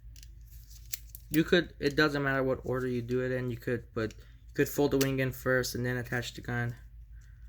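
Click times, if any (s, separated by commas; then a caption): none. A plastic wing on a Transformers Generations Thunderwing transforming robot toy is handled before being folded and pushed into its slot in the toy's body, with a few brief faint ticks early on while someone talks. Nothing has seated or clicked into place yet.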